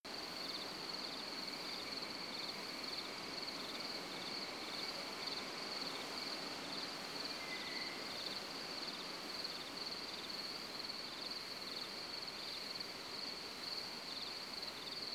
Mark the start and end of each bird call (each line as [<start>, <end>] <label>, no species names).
[7.27, 8.00] bird call